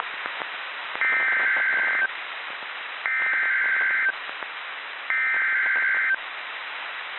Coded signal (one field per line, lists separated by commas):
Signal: Emergency Alert System (SAME) tones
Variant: header bursts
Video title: REAL NOAA Weather Radio Alert #26: Severe Thunderstorm Warning